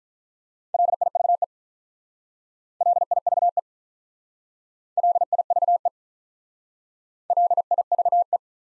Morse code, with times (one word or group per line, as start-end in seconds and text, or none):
0.7-1.4 LIVE
2.8-3.6 LIVE
5.0-5.9 LIVE
7.3-8.4 LIVE